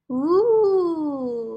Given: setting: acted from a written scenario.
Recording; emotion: vocal sound without words; awe